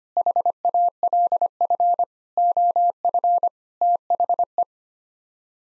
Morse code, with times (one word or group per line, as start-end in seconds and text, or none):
0.2-2.0 HALF
2.4-3.5 OF
3.8-4.6 THE